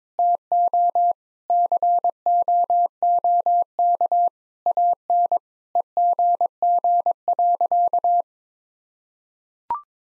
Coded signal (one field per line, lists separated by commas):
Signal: Morse code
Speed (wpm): 22 wpm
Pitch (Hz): 700 Hz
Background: none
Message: TO COOK AN EGG.